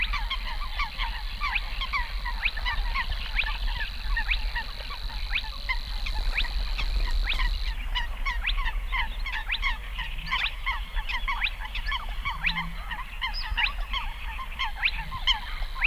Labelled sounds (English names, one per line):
Spotted Crake